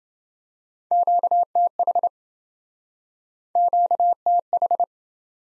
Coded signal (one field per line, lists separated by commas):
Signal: Morse code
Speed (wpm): 27 wpm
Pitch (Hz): 700 Hz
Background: none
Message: QTH QTH